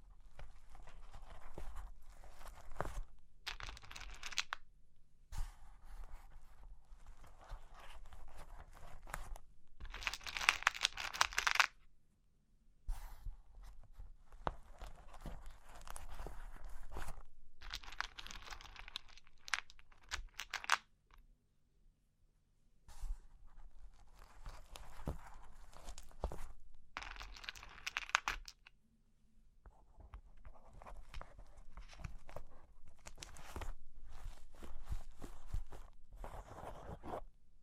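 Cork and wood being tapped, scratched and traced, in bursts of dense rustling scrapes broken by short silent gaps. Brighter, harsher scratching flares around 4 and 10–12 seconds, while softer tracing and light taps fill the stretches between, with a low rumble underneath.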